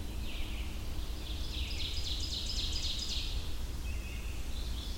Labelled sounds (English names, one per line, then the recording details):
Ovenbird song
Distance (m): 75 m
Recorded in boreal forest in Alberta, Canada, on 25 June 2016 at 06:31
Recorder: SongMeter 3, array SBT-6-76
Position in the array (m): 37 m, 102 m
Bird 2